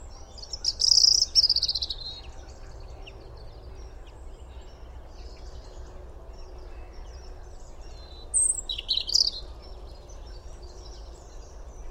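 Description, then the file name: European robin song: a high, trilled twittering phrase early on, a long quiet gap, then a second shorter burst of thin notes. "Erithacus rubecula"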